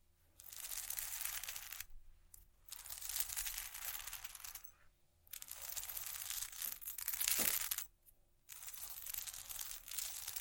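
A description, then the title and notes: Bright scratching and rustling fills most of the clip in long, dense strokes, broken by short silent gaps near two, five and eight seconds. A faint chink like a small metal or coin-like touch sits among the strokes. Vinyl,wood,tapping,scratchig,chain,glass,etc.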